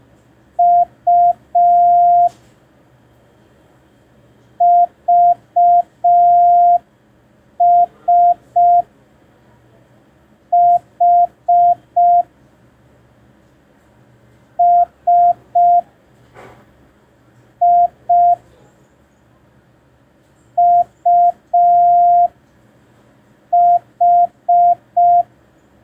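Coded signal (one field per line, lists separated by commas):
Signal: Morse code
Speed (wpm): 5 wpm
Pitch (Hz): 700 Hz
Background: none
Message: U VS H S I UH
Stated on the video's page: Day 3 of a ten-day Morse code learning tutorial.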